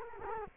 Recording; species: mosquito wingbeat signal from an infrared sensor; Culex quinquefasciatus